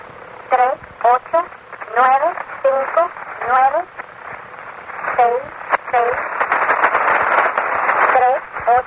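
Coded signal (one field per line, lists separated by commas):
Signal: numbers station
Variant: Atención, Spanish female voice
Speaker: one of the best-known number stations called attencion came into the limelight at the 1998 conviction of the so called wasp network of spies from Cuba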